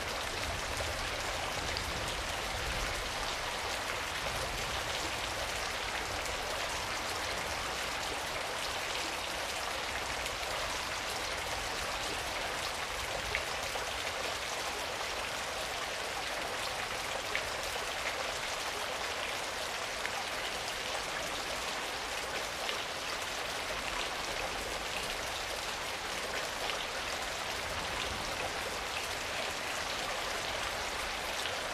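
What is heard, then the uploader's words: A steady, dense downpour hisses evenly throughout, with dripping patter and a faint low rumble underneath, never letting up. Sleep to the Sound of Rain A Soothing 1 Hour of Dripping Downpour.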